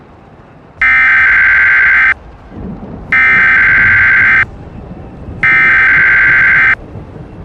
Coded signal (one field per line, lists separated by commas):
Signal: Emergency Alert System (SAME) tones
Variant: header bursts